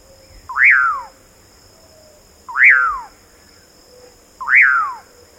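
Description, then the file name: Common Pauraque calls, three slurred whistles that rise sharply then fall, repeated about every two seconds over a steady high hum. Recorded on 3 December 2000. "2000-12-03 Pauraque"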